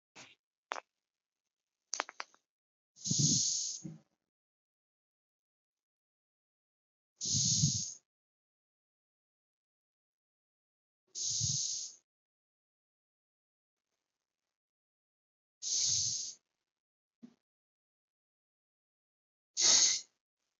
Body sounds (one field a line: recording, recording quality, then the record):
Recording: shallow breathing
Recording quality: excellent, no background noise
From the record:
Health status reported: healthy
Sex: male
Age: 52 years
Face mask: not worn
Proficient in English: yes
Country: India